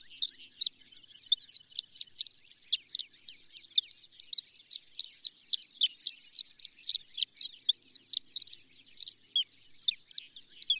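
Horned lark song, a sustained rapid series of high, sharp, tinkling notes, evenly spaced and steady throughout.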